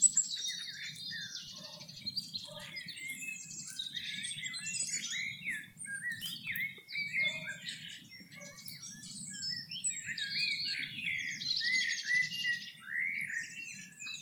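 Birds singing in a dense chorus, many overlapping high chirps and warbled phrases, with a steady low rumble underneath throughout.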